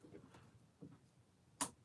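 A memory module (RAM stick) is pressed again into a motherboard DIMM slot after a failed first try. Faint low shuffling and handling noise is followed by a sharp, broadband click at 1.6 s as the slot clip snaps shut. The module is seated.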